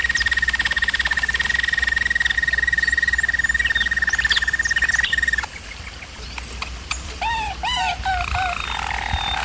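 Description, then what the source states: German Roller canary holding one even, rapidly pulsed trill for about five seconds, followed by quieter varied notes and short curved whistles. German Roller canary singing, from a canary training video.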